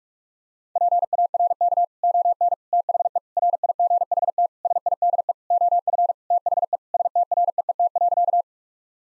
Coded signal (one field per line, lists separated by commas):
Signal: Morse code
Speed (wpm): 46 wpm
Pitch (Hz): 700 Hz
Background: none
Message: PARK ON THE RIGHT SIDE OF THE STREET.